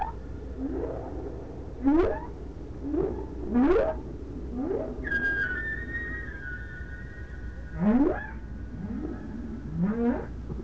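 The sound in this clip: Whale calls: a run of rising whoops roughly every second or two, a long steady high whistle midway, over a low continuous rumble.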